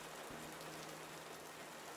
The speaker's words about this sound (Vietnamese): Mưa lớn quá tôi thấy không rõ.